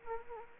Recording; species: mosquito wingbeat signal from an infrared sensor; Anopheles arabiensis